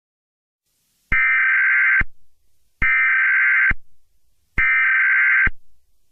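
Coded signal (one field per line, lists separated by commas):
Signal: Emergency Alert System (SAME) tones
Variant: header bursts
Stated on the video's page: Fictional EAS scenario.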